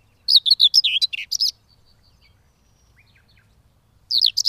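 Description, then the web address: Common whitethroat delivering one hurried, scratchy warble of about a second, then a pause before the next phrase begins at the end. "agykontroll Madardalok Cd 2. Mezei poszáta"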